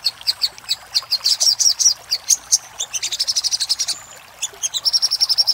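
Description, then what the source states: Little spiderhunter giving high, sharp, spaced chips that speed into a rapid trill, a short gap, then another fast run of notes. Master recording for training cage birds; Indonesian name sogok ontong, labelled labaik.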